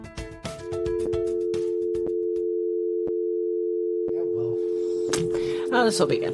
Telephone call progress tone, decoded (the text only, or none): dial tone